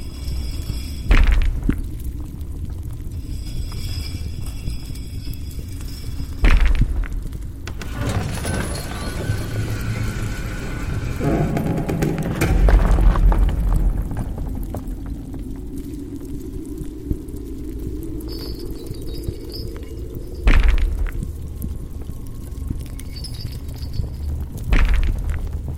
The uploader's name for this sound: Underworld asmr ambience | abyss of hell | lava , flame , rockfall, monster sounds.